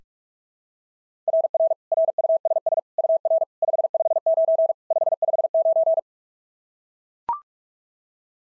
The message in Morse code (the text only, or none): RR RUSS UR 559 559